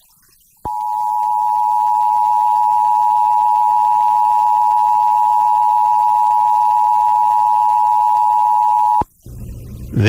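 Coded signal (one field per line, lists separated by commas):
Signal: Emergency Alert System (SAME) tones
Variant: 853 and 960 Hz attention tone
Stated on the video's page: Florida monthly test on 106.7 MHz FM (WXXL, 100 kW) recorded via SDR server.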